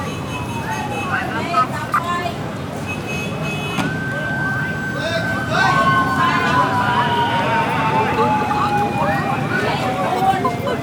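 A Phnom Penh street during the election period: a steady rumble of traffic runs throughout, with voices talking over it. Short knocks come near the start, and from about four seconds long, slowly falling whistling tones, like horns or sirens, stretch across most of the clip.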